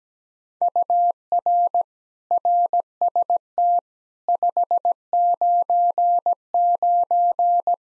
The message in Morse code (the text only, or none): UR RST 599